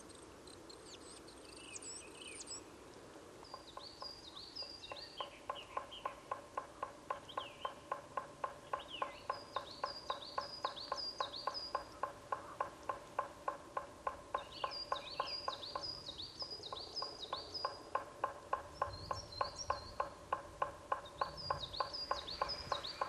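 A black woodpecker gives a long, evenly spaced series of short calls, starting around four seconds and running to the end at roughly three per second, swelling louder toward the finish. High, thin chirps from other birds come and go above it throughout.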